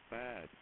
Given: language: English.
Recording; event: throat vibration sensor signal played as sound; speech